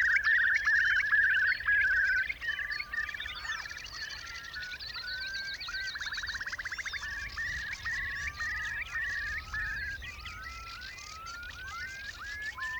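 Curlew calls: rapid repeated notes, then a long bubbling trill midway, mixed with many rising whistled calls from overlapping birds.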